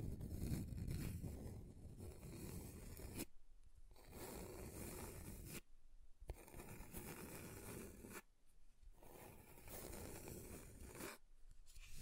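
Fingernails scratch across different surfaces in long rasping strokes, each burst separated by short silences near 3, 6, 8 and 11 seconds.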